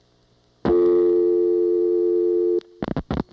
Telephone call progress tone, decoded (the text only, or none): dial tone